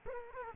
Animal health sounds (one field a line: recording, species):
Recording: mosquito wingbeat signal from an infrared sensor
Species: Culex quinquefasciatus